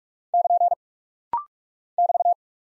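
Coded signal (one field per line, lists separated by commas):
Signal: Morse code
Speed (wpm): 46 wpm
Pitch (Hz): 700 Hz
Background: none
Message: <KN> <BT>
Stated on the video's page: Rapid-fire 45 wpm practice drill of punctuation and prosign characters for head-copy, each sent, spoken, then sent again.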